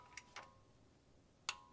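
A click-type torque wrench tightens the next transmission pan bolt during a pan gasket replacement on a 1959 Ford F100. Short, bright metallic ticks sound at about 0.2, 0.4 and 1.7 seconds, and the loudest sharp click at 1.5 seconds is the wrench clicking at its setting. The bolt is torqued.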